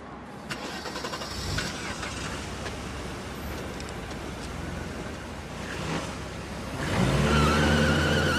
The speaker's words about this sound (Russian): Кристина садится в свою машину.